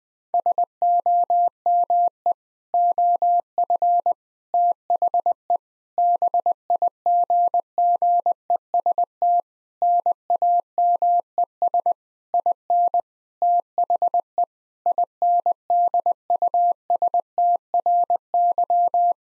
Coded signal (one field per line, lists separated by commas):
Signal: Morse code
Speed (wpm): 21 wpm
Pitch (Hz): 700 Hz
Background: none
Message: SOME OF THE BIGGEST NAMES IN THE INDUSTRY